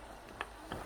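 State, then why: Not seated. A feeding set part, a plastic part of a feeding pump, is handled as it is pressed toward place. Several short handling knocks are heard, the sharpest near 0.4 s, then more around 0.7 s and 0.9 s. Nothing has seated or clicked into place yet.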